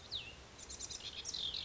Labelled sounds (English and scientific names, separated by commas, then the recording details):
Cassin's Vireo (Vireo cassinii)
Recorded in Sonoma County, California